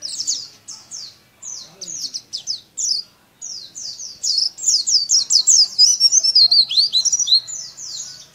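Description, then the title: Oriental white-eye singing bright, high, slurred chirps, first in short spaced bursts, then in a fast, unbroken twittering stream. Bali variety, singing a continuous rolling song style (ngerol), in vigorous full voice (gacor). "Pleci Dakun Bali"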